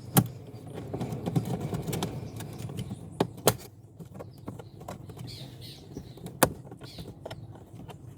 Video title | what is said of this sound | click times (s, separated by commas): How to remove infotainment screen radio unit in Kia Sportage | You will hear the clips snap into place. | 0.2 s, 3.2 s, 3.5 s, 6.4 s